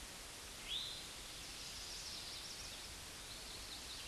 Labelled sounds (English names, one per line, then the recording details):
Eastern Towhee song
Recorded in a Pennsylvania forest on 16 May 2024 at 09:54
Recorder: AudioMoth, point MSD-0690
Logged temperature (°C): 16.0 °C
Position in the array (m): 201 m, 140 m